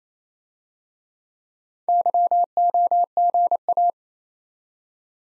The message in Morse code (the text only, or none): YOGA